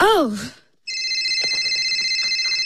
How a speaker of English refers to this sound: I think your phone is ringing. What? Your phone.